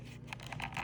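A bowie knife is pushed into a custom leather sheath with a retention relief cut, producing soft scraping and rubbing with a couple of brief sharper scrapes over a low steady hum. Nothing has seated or popped into place yet.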